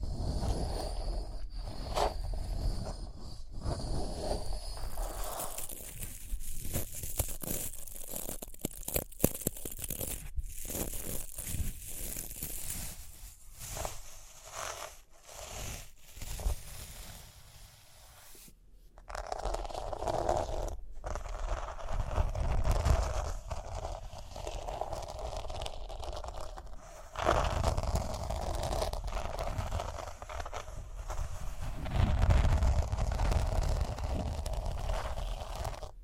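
Rhinestones are tapped, scratched and brushed in a dense, uneven stream of small clicks and rasping strokes. Brief crinkly bursts and soft pauses break it up, with a quiet lull near 19 seconds and a low rumble that swells after 27 seconds.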